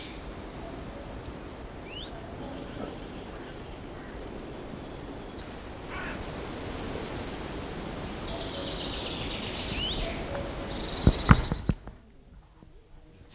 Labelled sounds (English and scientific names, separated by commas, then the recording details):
Common Chiffchaff (Phylloscopus collybita)
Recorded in the wild
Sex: male
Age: adult
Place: Glienicke/Nordbahn, Brandenburg, DE
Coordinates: 52.64, 13.3436
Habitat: mixed forest
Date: 1988-06-12 10:43
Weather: sunny, 14-18°C, gusty winds
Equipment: Nagra SN, Kopie Tesla B 116
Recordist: Tembrock, Günter